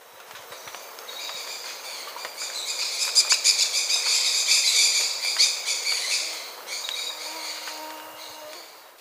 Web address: Natures Songs S America Birds of Ecuador Maroon-tailed Parakeet